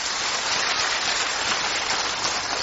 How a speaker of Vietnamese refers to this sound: Nên chúng ta dành cho nhà bếp một tràng pháo tay thật lớn ạ.